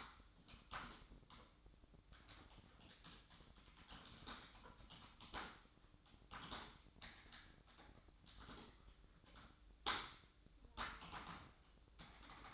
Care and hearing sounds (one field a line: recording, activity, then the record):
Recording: daily activity, microphone in the room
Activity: typing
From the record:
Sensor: 3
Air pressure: 1007.6 hPa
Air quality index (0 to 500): 60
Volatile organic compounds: 1 ppm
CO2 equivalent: 611 ppm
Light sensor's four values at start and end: 10/23/9/9 and 10/22/9/9